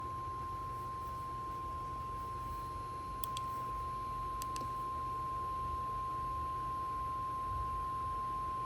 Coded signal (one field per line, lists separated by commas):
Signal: Emergency Alert System (SAME) tones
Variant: 1050 Hz attention tone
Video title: IND Severe Thunderstorm Warning On #KEC74 (EAS 102)